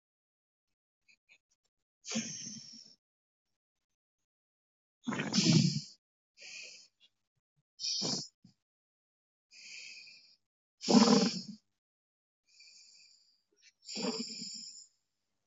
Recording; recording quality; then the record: deep breathing; excellent, no background noise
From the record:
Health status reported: healthy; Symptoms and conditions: none ticked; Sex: female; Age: 54 years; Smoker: not ticked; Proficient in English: yes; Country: India